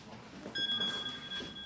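A mobile phone left behind by its owner rings with a steady, high-pitched electronic tone that starts abruptly and holds for about a second over a faint murmur of background noise.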